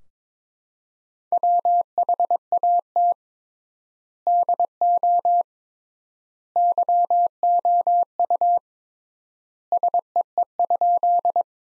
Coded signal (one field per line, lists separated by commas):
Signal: Morse code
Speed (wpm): 22 wpm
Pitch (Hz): 700 Hz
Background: none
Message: WHAT DO YOU SEE?